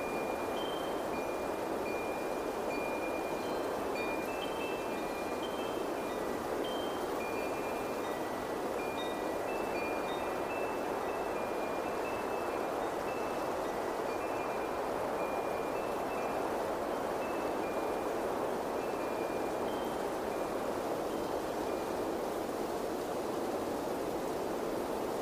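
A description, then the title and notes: Wind chimes ring in overlapping bright tones above a steady, dense rush of wind that holds constant for the whole recording. Wind Chimes + Windy Sounds.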